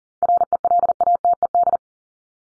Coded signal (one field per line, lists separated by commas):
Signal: Morse code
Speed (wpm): 40 wpm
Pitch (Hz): 700 Hz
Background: none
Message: RELATED